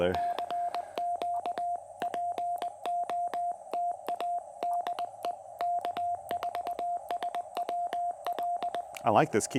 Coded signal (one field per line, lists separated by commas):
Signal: Morse code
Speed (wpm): 21 wpm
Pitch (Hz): 700 Hz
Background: speech, radio noise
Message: CQ POTA DE K4SWL I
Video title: POTA Test: Exploring the QMX High-Band & Lightweight Explorer Carbon Fiber Mast!